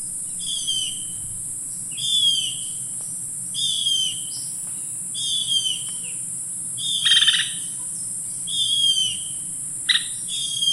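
Bird song: short, high notes dropping in pitch, repeated at regular intervals, over a constant high-pitched hiss and a low rumble.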